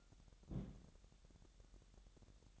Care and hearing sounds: daily activity, microphone in the room; place on stove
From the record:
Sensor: 3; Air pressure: 1012.0 hPa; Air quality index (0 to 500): 203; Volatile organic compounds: 3 ppm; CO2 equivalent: 1516 ppm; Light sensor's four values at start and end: 110/261/107/95 and 110/261/107/95

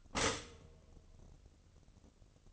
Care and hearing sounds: daily activity, microphone in the room; stop toaster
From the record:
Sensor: 4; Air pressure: 1007.9 hPa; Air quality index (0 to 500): 104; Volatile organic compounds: 1 ppm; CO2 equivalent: 772 ppm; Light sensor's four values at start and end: 9/19/8/8 and 9/19/8/8

